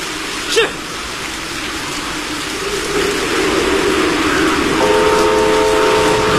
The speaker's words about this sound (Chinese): 不久以后，詹天佑夜以继日赶修的铁路坍塌路段终于重新试车了。 试车。